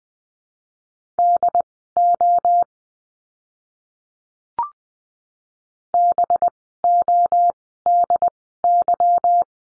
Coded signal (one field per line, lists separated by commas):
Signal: Morse code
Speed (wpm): 20 wpm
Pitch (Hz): 700 Hz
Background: none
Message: DO BODY